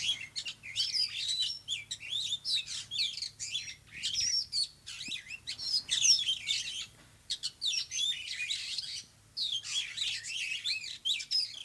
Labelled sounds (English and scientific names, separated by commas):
Superb Starling (Lamprotornis superbus) song